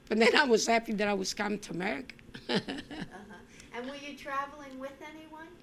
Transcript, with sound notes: But then I was happy when I was coming to America. ( she laughs )
And were you travelling with anyone?